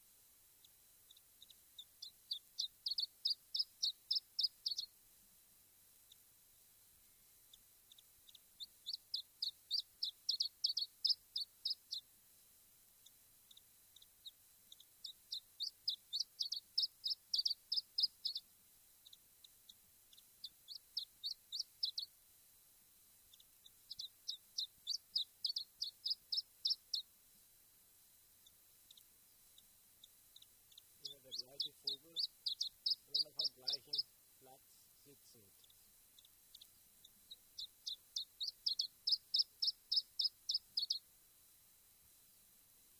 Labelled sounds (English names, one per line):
Iberian Chiffchaff